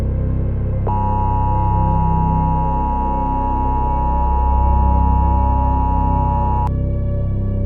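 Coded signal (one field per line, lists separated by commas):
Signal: Emergency Alert System (SAME) tones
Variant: 853 and 960 Hz attention tone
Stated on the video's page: Fictional Thanksgiving EAS scenario.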